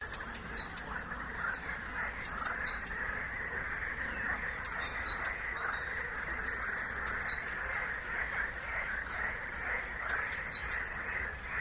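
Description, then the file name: Great tit giving brief clusters of high, thin clicking notes every couple of seconds against a constant broad rushing noise. "Parus major"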